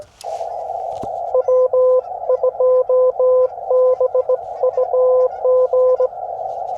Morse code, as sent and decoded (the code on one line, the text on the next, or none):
.-- ..--- -... ..- --.
W2BUG